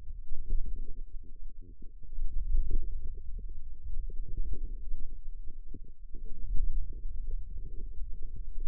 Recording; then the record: forearm muscle sounds (acoustic myography)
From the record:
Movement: hand closing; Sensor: system 2, bracelet of six BSWA MPA416 microphones around the upper forearm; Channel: 5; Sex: female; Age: 21 years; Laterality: right